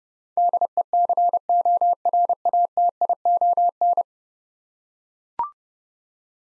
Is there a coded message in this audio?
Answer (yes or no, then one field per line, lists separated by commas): yes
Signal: Morse code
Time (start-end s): 0.4-4.0 s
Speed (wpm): 30 wpm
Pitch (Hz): 700 Hz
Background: none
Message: DECORATION